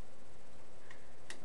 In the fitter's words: just wiggle this down until it clicks into place nice little wiggle there and there's nothing bunched